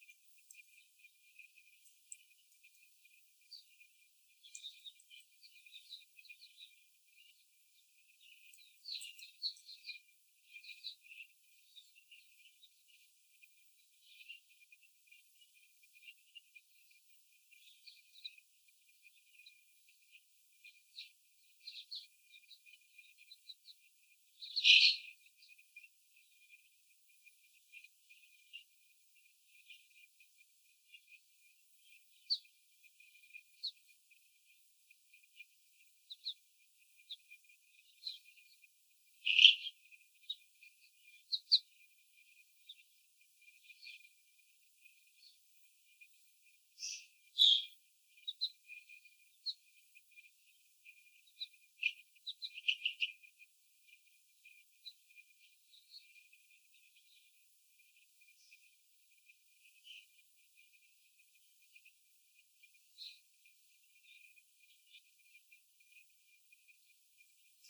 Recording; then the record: young laying hens in a cage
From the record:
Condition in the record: before the stressor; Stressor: sudden umbrella opening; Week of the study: 3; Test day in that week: 2